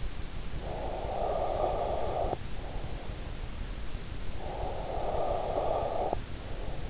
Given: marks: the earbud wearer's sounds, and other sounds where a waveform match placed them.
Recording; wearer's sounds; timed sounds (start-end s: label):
sounds in sleep by an in-ear microphone; breath
0.43-3.07 s: breath
4.20-6.90 s: breath